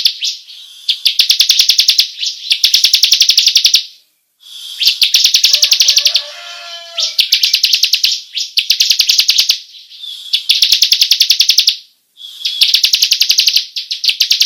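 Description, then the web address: Bar-winged prinia singing fast, rattling trills in repeated bursts, with a few lower whistled notes midway. Long rolling song style, locally called ngerol panjang. "ciblek suara-burung-ciblek-ngerol-panjang"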